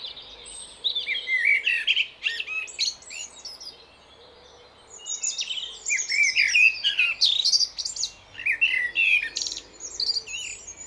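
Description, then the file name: Common blackbird song: a short fluty phrase, a pause, then a longer run of whistles mixed with high, squeaky chattering notes. "Turdus merula"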